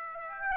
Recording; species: mosquito wingbeat signal from an infrared sensor; Aedes aegypti